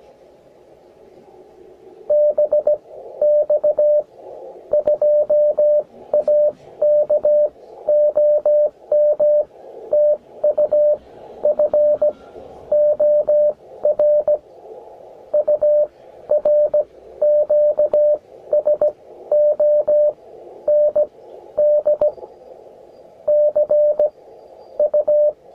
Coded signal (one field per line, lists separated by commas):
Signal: Morse code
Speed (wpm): 17 wpm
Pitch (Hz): 600 Hz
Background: radio noise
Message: BX2AK OM TU FOR UR QSO ND CU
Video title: 20220409 21MHZ BX2AK CW QSO BEGALI INTREPID BUG KEY